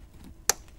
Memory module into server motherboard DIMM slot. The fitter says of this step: that click that lets you know that it's been fully inserted